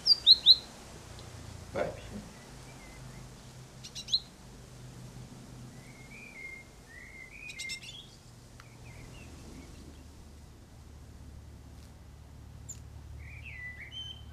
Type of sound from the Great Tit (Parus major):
begging call